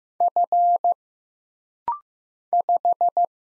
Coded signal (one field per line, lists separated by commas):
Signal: Morse code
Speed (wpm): 15 wpm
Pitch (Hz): 700 Hz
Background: none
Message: F 5